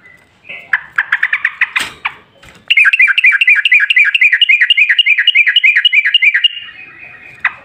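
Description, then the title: Yellow-vented bulbul song: a quick series of sharp chirps, then a fast run of bright, downslurred notes repeated about four times a second, ending with one loud chip. Trucukan bulbul lure with ropel ngalas style singing, used to make birds sing. "GACOR Ropel Ngalas Pancingan Trucukan Agar Bunyi Jadikan Burung Trucuk"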